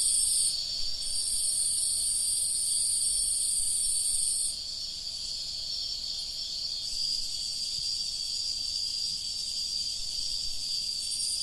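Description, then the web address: Cricket song, a dense, shimmering wall of high buzzing trill that shifts in texture partway through. "Hoerbeispiele Grillen"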